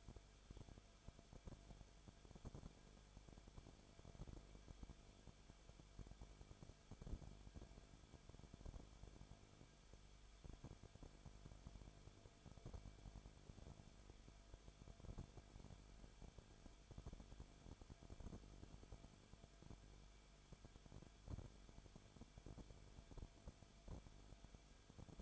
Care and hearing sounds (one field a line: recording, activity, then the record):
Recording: daily activity, microphone in the room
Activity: no activity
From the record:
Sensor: 5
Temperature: 20.4 degrees Celsius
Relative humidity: 39.8%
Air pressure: 1010.8 hPa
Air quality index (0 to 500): 165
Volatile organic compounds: 15 ppm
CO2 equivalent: 2502 ppm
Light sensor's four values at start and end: 2/3/1/1 and 2/3/1/1